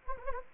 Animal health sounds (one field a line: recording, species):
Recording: mosquito wingbeat signal from an infrared sensor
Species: Anopheles gambiae